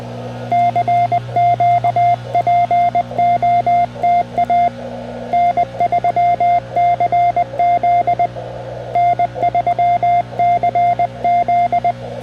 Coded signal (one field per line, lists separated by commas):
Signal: Morse code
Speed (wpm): 20 wpm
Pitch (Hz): 700 Hz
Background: radio noise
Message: CQ POTA N3CZ N3CZ